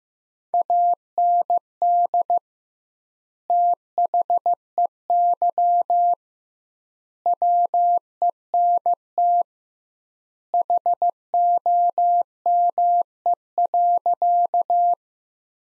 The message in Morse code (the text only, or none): AND THEY WENT HOME.